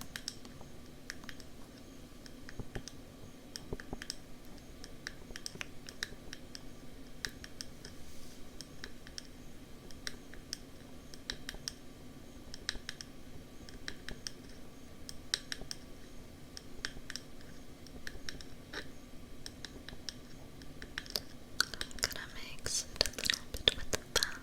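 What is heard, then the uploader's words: Ear tapping and scratching: a steady run of quick, crisp taps and clicks, fairly dense and irregular, over a constant low hum. Near the end, from about 21 seconds, the sounds grow louder and brighter, with rougher scratching bursts. Ear Tapping & Scratching.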